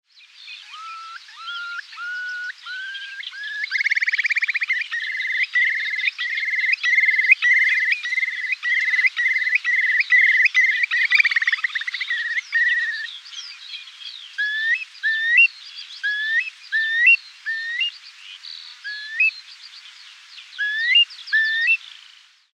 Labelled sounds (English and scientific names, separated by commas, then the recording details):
Eurasian Curlew (Numenius arquata)
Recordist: Tembrock, Günter
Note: Rufe